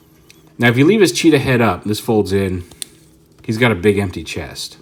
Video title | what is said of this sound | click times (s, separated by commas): Video Review: Transformers Cyberverse - Spark Armor CHEETOR w/ Sea Fury | locks into place there now | 0.3 s